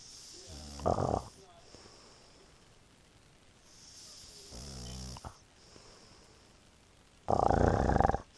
Husband snoring.